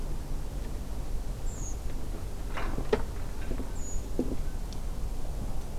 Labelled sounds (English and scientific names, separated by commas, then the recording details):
Redwing (Turdus iliacus)
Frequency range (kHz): Redwing (Turdus iliacus) 5.5-8.7 kHz
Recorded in France